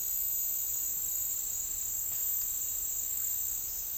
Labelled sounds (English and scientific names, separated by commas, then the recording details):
none
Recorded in dense forest near Puerto Asís, Putumayo, Colombia, on 13 March 2025 at 10:00
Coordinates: 0.503, -76.323
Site GP09